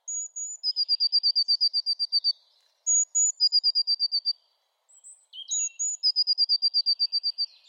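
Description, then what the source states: Blue tit song: a couple of thin high notes, then a fast lower trill of rapid shimmering notes, repeated three times with brief pauses. Subtle song, a couple of high notes then dropping to a lower, still high-pitched shimmer; common garden bird whose song few people recognise.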